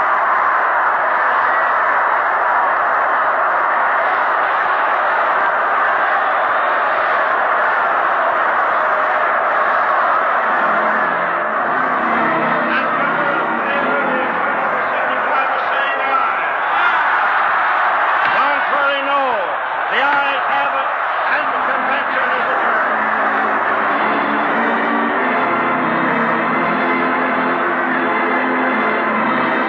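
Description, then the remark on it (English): The Democratic National Convention crowd roars continuously for about half a minute after a motion to recess its fourth session until July 24th, a loud, dense wash of many voices that stays steady and swells slightly partway through, with no single speaker standing out. “Indiscriminate roar from the crowd.”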